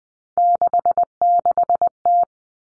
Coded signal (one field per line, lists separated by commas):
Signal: Morse code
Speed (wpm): 20 wpm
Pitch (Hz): 700 Hz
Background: none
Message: 66T